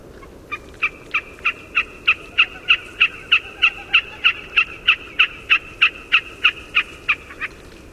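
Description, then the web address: Wilson's snipe calling, a long steady series of sharp, even notes repeated about three times per second, more than twenty in all, over quiet background hiss. North America. "Songs of Birds of North America Know Your Bird Sounds. Wilsons Snipe"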